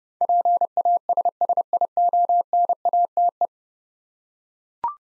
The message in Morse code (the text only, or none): PASSIONATE